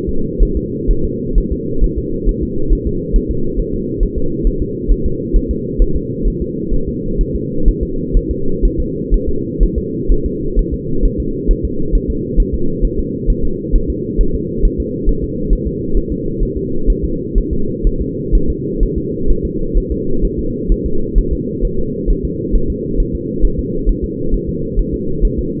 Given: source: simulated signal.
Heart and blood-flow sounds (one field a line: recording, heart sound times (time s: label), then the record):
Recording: fetal heart sounds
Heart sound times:
0.09 s: S2
0.43 s: S1
0.57 s: S2
0.91 s: S1
1.05 s: S2
1.38 s: S1
1.52 s: S2
1.84 s: S1
1.98 s: S2
2.29 s: S1
2.43 s: S2
2.73 s: S1
2.87 s: S2
3.16 s: S1
3.31 s: S2
3.59 s: S1
3.74 s: S2
4.03 s: S1
4.18 s: S2
4.47 s: S1
4.62 s: S2
4.92 s: S1
5.06 s: S2
5.36 s: S1
5.51 s: S2
5.82 s: S1
5.96 s: S2
6.28 s: S1
6.42 s: S2
6.74 s: S1
6.88 s: S2
7.21 s: S1
7.35 s: S2
7.69 s: S1
7.83 s: S2
8.17 s: S1
8.31 s: S2
8.65 s: S1
8.80 s: S2
9.14 s: S1
9.29 s: S2
9.63 s: S1
9.78 s: S2
10.12 s: S1
10.26 s: S2
10.59 s: S1
10.74 s: S2
11.05 s: S1
11.20 s: S2
11.51 s: S1
11.65 s: S2
11.95 s: S1
12.10 s: S2
12.40 s: S1
12.54 s: S2
12.85 s: S1
12.99 s: S2
13.30 s: S1
13.45 s: S2
13.76 s: S1
13.90 s: S2
14.21 s: S1
14.35 s: S2
14.65 s: S1
14.80 s: S2
15.09 s: S1
15.24 s: S2
15.53 s: S1
15.67 s: S2
15.97 s: S1
16.12 s: S2
16.43 s: S1
16.57 s: S2
16.90 s: S1
17.04 s: S2
17.38 s: S1
17.53 s: S2
17.87 s: S1
18.01 s: S2
18.35 s: S1
18.50 s: S2
18.83 s: S1
18.98 s: S2
19.30 s: S1
19.45 s: S2
19.78 s: S1
19.92 s: S2
20.25 s: S1
20.39 s: S2
20.72 s: S1
20.86 s: S2
21.19 s: S1
21.33 s: S2
21.65 s: S1
21.79 s: S2
22.10 s: S1
22.25 s: S2
22.56 s: S1
22.70 s: S2
23.00 s: S1
23.15 s: S2
23.45 s: S1
23.59 s: S2
23.89 s: S1
24.04 s: S2
24.34 s: S1
24.49 s: S2
24.79 s: S1
24.94 s: S2
25.25 s: S1
25.39 s: S2
From the record:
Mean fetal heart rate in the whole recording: 130 bpm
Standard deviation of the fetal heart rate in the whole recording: 4 bpm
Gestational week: 38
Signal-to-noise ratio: -8.1 dB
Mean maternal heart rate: 72 bpm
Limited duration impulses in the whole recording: absent